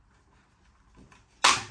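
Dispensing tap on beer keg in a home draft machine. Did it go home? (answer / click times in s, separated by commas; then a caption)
partly / 1.5 s. A dispensing tap on a Camden Hells Lager keg in a Philips Perfect Draft home beer machine is pushed down firmly with the back of a hand, with a faint tick at 1.1 s before a sharp, loud click-pop at 1.5 s that rings out and fades. The tap pops back up, so it is not fully seated.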